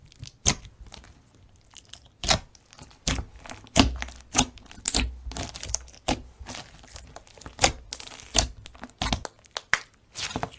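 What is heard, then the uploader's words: Slime being squished and pulled, making sharp wet pops and crackly snaps that come every half second or so, some louder than others. Between the bursts there are softer sticky crinkling sounds, and a faint low rumble runs underneath. Satisfying slime ASMR.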